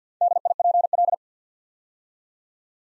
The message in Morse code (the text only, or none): DIPL